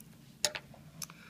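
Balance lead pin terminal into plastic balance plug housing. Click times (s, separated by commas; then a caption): 0.4 s. A crimped pin terminal on a LiPo balance lead, its locking tab lifted with a fingernail, is slid into the outermost slot of a plastic balance plug housing. It snaps into place with a sharp click at 0.4 seconds, followed by a softer click, and a couple more faint ticks come near the one-second mark. The pin is seated in the housing.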